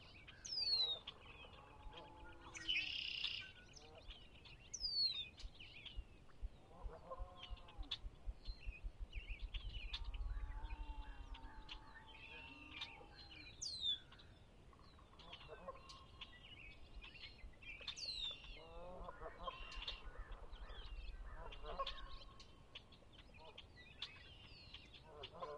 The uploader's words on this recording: Conner's Lake, chilly Spring dawn. Dawn (still twilight, ~5:15, but active already). Sinlahekin Wildlife Area. The temperature was chilly, barely above freezing, but the birds were abundant. Ruffed Grouse, Dusky Grouse, Wild Turkeys, Red-Winged Blackbirds, Canada Geese, Tundra Swan, American Robins, Wilsen's Snipe, Ravens AND Crows, Red-Shafter Flickers, Western Meadowlarks, Song Sparrows, a bunch of duck-like birds.